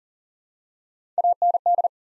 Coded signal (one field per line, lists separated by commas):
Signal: Morse code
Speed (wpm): 42 wpm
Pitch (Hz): 700 Hz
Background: none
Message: AND